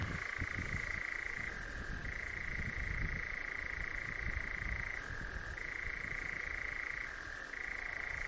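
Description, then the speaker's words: Nightjar churring, a continuous dry mechanical trill that drops briefly to a lower pitch every few seconds before returning, over a soft low background hiss. Made in Northumberland in June. "He writes he was lucky enough to record a nightjar, including its wing claps, in Northumberland"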